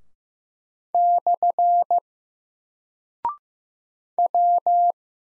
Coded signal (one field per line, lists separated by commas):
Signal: Morse code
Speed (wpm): 15 wpm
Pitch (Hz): 700 Hz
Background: none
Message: / W